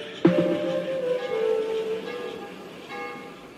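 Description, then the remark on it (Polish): Bells ring out at the close of a song: one bright strike blooms into long, shimmering overtones that slowly fade, with a softer second ring arriving just before the end. “Pozwólmy tym dzwonom wybrzmieć do końca.”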